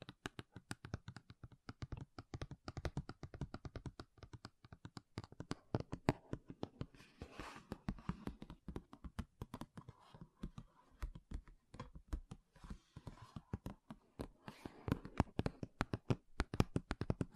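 Makeup tapping and scratching: quick, dense taps and clicks run throughout, crisp and bright, in an irregular but steady stream. Softer scratchy brushing swells in between, around seconds 7 to 9, 12 to 13 and near 15.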